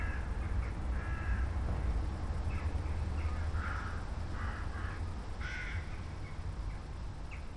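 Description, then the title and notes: Crows cawing irregularly, short raspy calls scattered throughout with one louder caw later, over a persistent low rumble. Flock of crows in the evening sky, late evening at night, St. Peter-Ording, Germany. "St. Peter-Ording, 25826 Sankt Peter-Ording, Germany - crows at night kraehen am spaeten abend. ein kraehenschwarm am abendhimmel. a swarm of crows at night sky"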